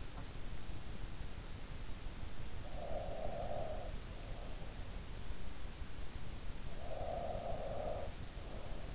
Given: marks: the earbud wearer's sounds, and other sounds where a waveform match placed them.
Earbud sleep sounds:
sounds in sleep by an in-ear microphone; breath
2.27-4.33 s: breath
6.39-8.95 s: breath

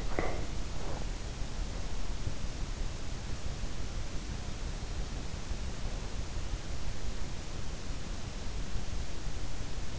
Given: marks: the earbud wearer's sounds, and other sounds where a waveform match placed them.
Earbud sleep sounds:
sounds in sleep by an in-ear microphone; breath
0.00-1.26 s: breath

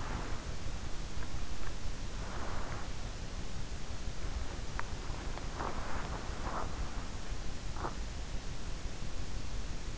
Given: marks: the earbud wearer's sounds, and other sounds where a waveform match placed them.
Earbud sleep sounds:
sounds in sleep by an in-ear microphone; teeth grinding
0.00-8.13 s: teeth grinding

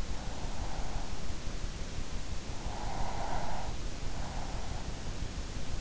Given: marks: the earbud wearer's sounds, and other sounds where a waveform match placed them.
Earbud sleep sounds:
sounds in sleep by an in-ear microphone; breath
2.56-3.81 s: breath

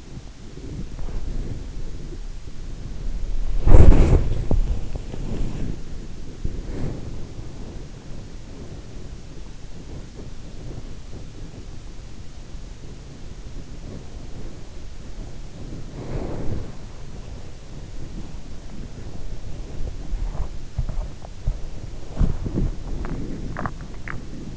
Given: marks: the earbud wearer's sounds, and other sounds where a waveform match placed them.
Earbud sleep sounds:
sounds in sleep by an in-ear microphone; body movement, swallowing
0.00-23.75 s: body movement
23.13-24.57 s: swallowing

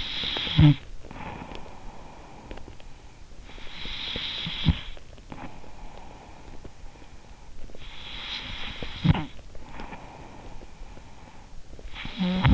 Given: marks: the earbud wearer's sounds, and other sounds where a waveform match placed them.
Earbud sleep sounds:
sounds in sleep by an in-ear microphone; snoring breath, breath
0.00-3.25 s: snoring breath
3.25-7.82 s: breath
7.82-12.54 s: snoring breath

